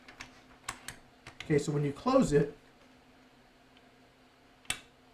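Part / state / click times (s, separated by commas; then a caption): cam cocking lever closing into airgun action / seated / 4.7 s. A cam-style cocking lever is closed into an airgun's action. Someone talks over a few light taps, then a sharp click at 4.7 s confirms the cam is fully closed and shut, so it won't pop open a little.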